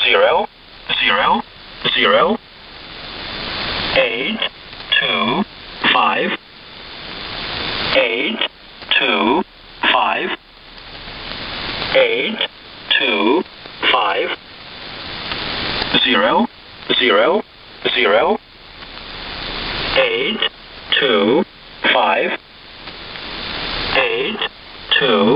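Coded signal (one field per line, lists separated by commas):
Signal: numbers station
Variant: E07a, English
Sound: a synthetic English voice reads numbers in short evenly spaced words, repeating groups like 825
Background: radio static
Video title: Numbers Station E07a - Shortwave 5877Khz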